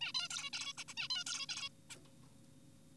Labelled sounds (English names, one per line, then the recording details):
Zebra Finch
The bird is an adult
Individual g4p5U